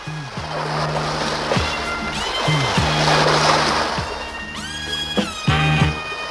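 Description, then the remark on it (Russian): Sea waves wash onto the shore in a steady, rolling hiss that swells and eases, with brief swooping tonal calls rising above the surf now and then. “Янка, Клякса-Вакса, Шарая Мышка и Кот Буль-Буль вышли на берег синего моря.”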